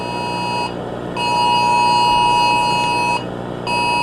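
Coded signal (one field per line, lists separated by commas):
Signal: Emergency Alert System (SAME) tones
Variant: 853 and 960 Hz attention tone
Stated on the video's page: Fictional EAS scenario.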